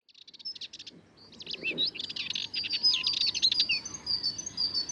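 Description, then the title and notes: Sardinian warbler song, fast dry chattering run mixed with high squeaky whistles, continuing steadily after a brief quieter start. Camargue, France, 22 March 2019, in dawn twilight; a long monologue of incredibly nervous, rapid song; recorded with a Wildtronic parabola, MKH8020 microphone and MixPre-3. "Le Charnier - Camargue. une Fauvette mélanocéphale (Sylvia melanocephala)"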